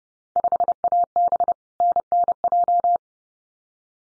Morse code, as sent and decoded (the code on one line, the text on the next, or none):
..... .- -... / -. -. .---
5AB NNJ